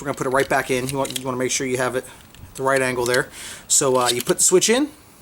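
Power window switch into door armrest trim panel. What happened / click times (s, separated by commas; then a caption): Switch handled, not yet seated / none. A plastic power window switch for a 2003–2008 Toyota Corolla, which has nothing wrong with it, is angled and pushed back into its opening in the door armrest trim panel while someone talks. Only faint handling noise is heard under the speech. Nothing has seated or clicked yet.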